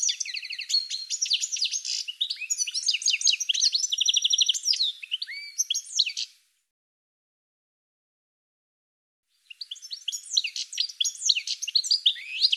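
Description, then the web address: Bird song: a rapid, dense twittering of high, varied chirps and trills for about six seconds, a pause of roughly three seconds, then another busy twittering burst. "cianscape birddata Deverinetal 2025 File cleaned normalized Bird"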